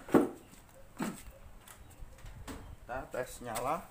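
A wiring connector is pushed onto the regulator/rectifier (kiprok) of a Supra Fit motorcycle whose lights have all gone dead, and it snaps in with a sharp click at 0.2 s, so the connector is seated. Someone talks afterward while the charging is being checked.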